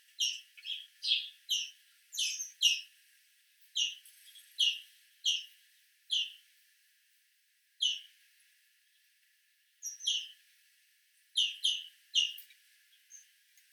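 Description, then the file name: European greenfinch calls: short, bright, chirping notes repeated irregularly, often in quick pairs or trios, with brief gaps of silence between groups. "Chloris chloris"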